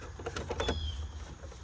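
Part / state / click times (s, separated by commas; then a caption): plastic lid onto bird feeder housing with camera / not seated / none. A plastic lid is set over the camera section of a Farmice bird feeder with camera, with the charging cable moved out of the way as the lid is pressed down onto the housing. A few light plastic taps and knocks sound around 0.3, 0.4 and 0.6 seconds over a low background hum. Nothing has seated or clicked yet.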